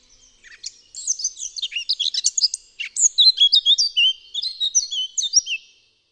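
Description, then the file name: Eurasian blackcap song: a quiet scratchy warble opening into a rapid run of clear, fluting whistled notes, rich and varied, lasting about five seconds. "KAPTURKA"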